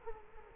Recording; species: mosquito wingbeat signal from an infrared sensor; Culex quinquefasciatus